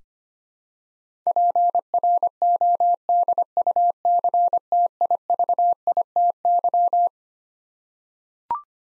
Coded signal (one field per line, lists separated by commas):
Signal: Morse code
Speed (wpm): 25 wpm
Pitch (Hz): 700 Hz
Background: none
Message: PRODUCTIVITY